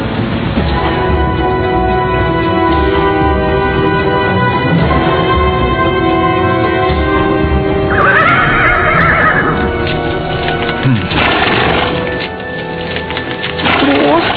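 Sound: horse neighing and hooves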